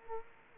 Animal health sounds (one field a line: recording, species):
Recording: mosquito wingbeat signal from an infrared sensor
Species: Culex quinquefasciatus